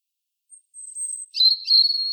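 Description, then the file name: European robin song phrase: a thin high drawn-out whistle followed by a louder trilled, wavering whistled note, no other sounds. "Erithacus rubecula"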